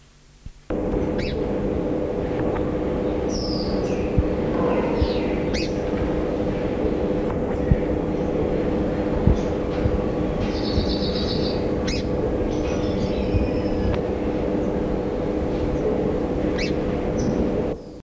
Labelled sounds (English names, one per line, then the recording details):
Northern Double-collared Sunbird call
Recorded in captivity
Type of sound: call
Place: Zoo Frankfurt, Rheinland-Pfalz, DE
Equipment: Halbspur, 9,5 cm/s
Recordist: Lütgens, Hans
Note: Kurzruf